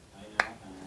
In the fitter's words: your little connector pieces clear pieces that go on you want to push it down till you hear it click